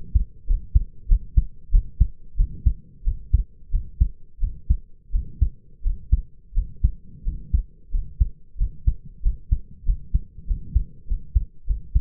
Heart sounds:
heart sounds by stethoscope; 91 bpm
0.46 s: heartbeat
1.08 s: heartbeat
1.71 s: heartbeat
2.36 s: heartbeat
3.04 s: heartbeat
3.71 s: heartbeat
4.40 s: heartbeat
5.12 s: heartbeat
5.83 s: heartbeat
6.54 s: heartbeat
7.24 s: heartbeat
7.91 s: heartbeat
8.58 s: heartbeat
9.22 s: heartbeat
9.85 s: heartbeat
10.47 s: heartbeat
11.07 s: heartbeat
11.66 s: heartbeat
From the record:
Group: healthy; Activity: rest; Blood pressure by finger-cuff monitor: 107/64 mmHg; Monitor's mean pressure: 76 mmHg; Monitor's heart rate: 91 bpm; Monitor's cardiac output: 6.4 L/min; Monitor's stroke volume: 72 mL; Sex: male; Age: 22 years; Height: 181 cm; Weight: 60 kg

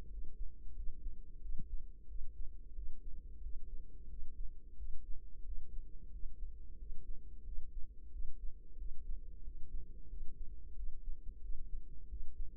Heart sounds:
heart sounds by microphone in the right ear; 90 bpm
0.07 s: heartbeat
0.72 s: heartbeat
1.38 s: heartbeat
2.04 s: heartbeat
2.71 s: heartbeat
3.39 s: heartbeat
4.06 s: heartbeat
4.74 s: heartbeat
5.41 s: heartbeat
6.08 s: heartbeat
6.75 s: heartbeat
7.42 s: heartbeat
8.08 s: heartbeat
8.74 s: heartbeat
9.40 s: heartbeat
10.06 s: heartbeat
10.72 s: heartbeat
11.38 s: heartbeat
12.05 s: heartbeat
From the record:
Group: healthy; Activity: cold pressor test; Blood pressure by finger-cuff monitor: 130/80 mmHg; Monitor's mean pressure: 98 mmHg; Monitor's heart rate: 91 bpm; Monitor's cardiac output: 7.3 L/min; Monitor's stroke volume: 81 mL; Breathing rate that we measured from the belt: 20 breaths a minute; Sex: female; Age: 32 years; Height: 172 cm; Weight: 71.7 kg

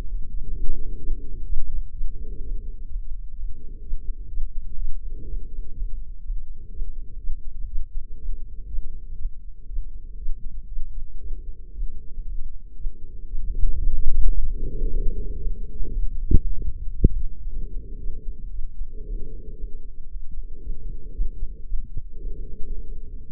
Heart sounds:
heart sounds by microphone in the left ear; 119 bpm
0.06 s: heartbeat
0.53 s: heartbeat
1.00 s: heartbeat
1.46 s: heartbeat
1.94 s: heartbeat
2.41 s: heartbeat
2.88 s: heartbeat
3.35 s: heartbeat
3.83 s: heartbeat
4.30 s: heartbeat
4.78 s: heartbeat
5.26 s: heartbeat
5.74 s: heartbeat
6.22 s: heartbeat
6.71 s: heartbeat
7.20 s: heartbeat
7.69 s: heartbeat
8.18 s: heartbeat
8.67 s: heartbeat
9.17 s: heartbeat
9.68 s: heartbeat
10.18 s: heartbeat
10.69 s: heartbeat
11.20 s: heartbeat
11.72 s: heartbeat
12.24 s: heartbeat
12.76 s: heartbeat
13.28 s: heartbeat
13.80 s: heartbeat
14.31 s: heartbeat
14.83 s: heartbeat
15.36 s: heartbeat
15.88 s: heartbeat
16.41 s: heartbeat
16.94 s: heartbeat
17.47 s: heartbeat
17.99 s: heartbeat
18.51 s: heartbeat
19.03 s: heartbeat
19.55 s: heartbeat
20.08 s: heartbeat
20.61 s: heartbeat
21.13 s: heartbeat
21.66 s: heartbeat
22.19 s: heartbeat
22.72 s: heartbeat
23.26 s: heartbeat
From the record:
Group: healthy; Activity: rest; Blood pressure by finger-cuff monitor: 151/87 mmHg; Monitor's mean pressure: 105 mmHg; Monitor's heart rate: 118 bpm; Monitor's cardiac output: 8.8 L/min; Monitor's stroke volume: 72 mL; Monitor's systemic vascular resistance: 890 dyn s/cm5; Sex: female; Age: 43 years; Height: 160 cm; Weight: 90 kg

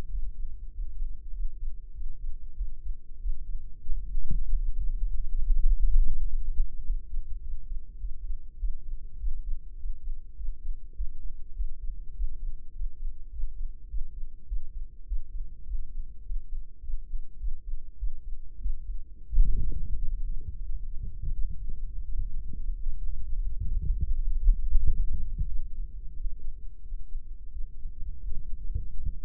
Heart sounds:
heart sounds by microphone in the right ear; 96 bpm
0.08 s: heartbeat
0.69 s: heartbeat
1.30 s: heartbeat
1.91 s: heartbeat
2.53 s: heartbeat
3.18 s: heartbeat
3.82 s: heartbeat
4.44 s: heartbeat
5.04 s: heartbeat
5.64 s: heartbeat
6.24 s: heartbeat
6.82 s: heartbeat
7.39 s: heartbeat
7.98 s: heartbeat
8.57 s: heartbeat
9.17 s: heartbeat
9.76 s: heartbeat
10.34 s: heartbeat
10.94 s: heartbeat
11.53 s: heartbeat
12.13 s: heartbeat
12.72 s: heartbeat
13.29 s: heartbeat
13.87 s: heartbeat
14.45 s: heartbeat
15.05 s: heartbeat
15.64 s: heartbeat
16.22 s: heartbeat
16.79 s: heartbeat
17.37 s: heartbeat
17.96 s: heartbeat
18.59 s: heartbeat
19.26 s: heartbeat
19.94 s: heartbeat
20.60 s: heartbeat
21.31 s: heartbeat
22.01 s: heartbeat
22.72 s: heartbeat
23.40 s: heartbeat
24.07 s: heartbeat
24.75 s: heartbeat
25.45 s: heartbeat
26.12 s: heartbeat
26.80 s: heartbeat
27.50 s: heartbeat
28.21 s: heartbeat
28.94 s: heartbeat
From the record:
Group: healthy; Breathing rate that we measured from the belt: 18 breaths a minute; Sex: male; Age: 21 years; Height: 180 cm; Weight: 67.5 kg

